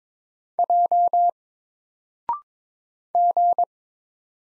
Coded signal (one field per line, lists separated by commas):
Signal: Morse code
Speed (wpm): 22 wpm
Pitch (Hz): 700 Hz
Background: none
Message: J G